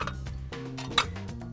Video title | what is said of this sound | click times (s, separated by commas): Little Giant Xtreme™ Multi-purpose Ladder | just simply slide into this housing you'll see that spring-loaded button pop into place | 1.0 s